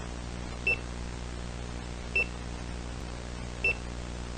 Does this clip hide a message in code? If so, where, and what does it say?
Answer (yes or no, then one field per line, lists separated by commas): no